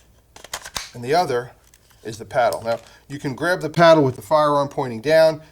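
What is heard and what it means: A push-button magazine release on a Z5P pistol is pressed, with clicks at 0.4 s and 0.8 s as the button releases the catch and the metal magazine drops out of the pistol grip. Someone then talks.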